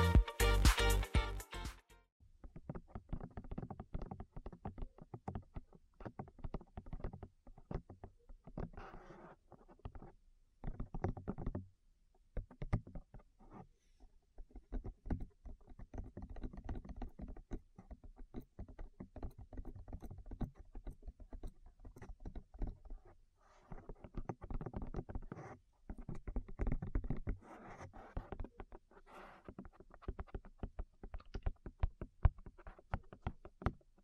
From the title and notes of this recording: ASMR Tap Your Ears 3Dio (No Talking).